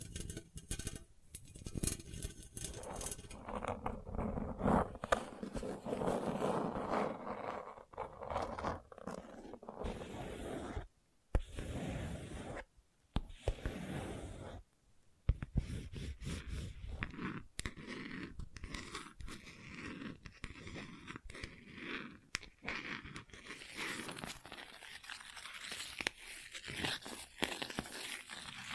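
Gentle scratching in ASMR style, made of dense, rapid scrapes and crunchy rustles that run almost without pause. Short silences break it near 11 and 15 seconds. After that the strokes turn brighter and sharper, with occasional louder ticks.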